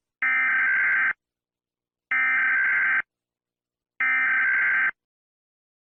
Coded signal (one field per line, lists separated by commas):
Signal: Emergency Alert System (SAME) tones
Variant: header bursts